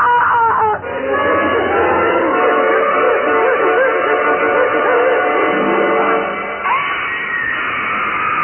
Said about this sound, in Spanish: Los gritos angustiados de Ruth de Tornel resonaban por todos los rincones de la vieja casona